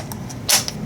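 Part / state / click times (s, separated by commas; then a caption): metal part (likely bolt or magazine) into rifle / seated / 0.5 s. A metal part, likely a bolt or magazine, is pushed into a rifle and goes home with a firm metallic click at 0.5 s, with fainter small ticks around it. The part is seated.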